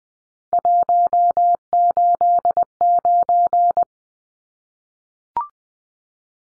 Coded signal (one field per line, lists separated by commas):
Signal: Morse code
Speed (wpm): 20 wpm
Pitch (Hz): 700 Hz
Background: none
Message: 189